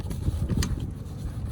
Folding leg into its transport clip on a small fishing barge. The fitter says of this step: as long as you hear that thing clipped in like that this one's set up for transport and ready to go